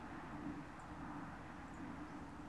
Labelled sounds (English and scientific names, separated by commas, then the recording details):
Song Thrush (Turdus philomelos)
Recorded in Germany
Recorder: ecoPi